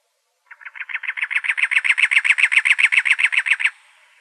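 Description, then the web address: Cactus wren churring chatter: a steady run of rapid, scratchy notes lasting about three seconds, swelling in loudness and ending sharply, with silence before and after. Arizona, 2 October 2003. "Wrens Kinglets Gnatcatchers CACW 031002. deviche"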